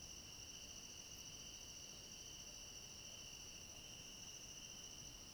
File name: Coro de grilos a noite com cachorro longe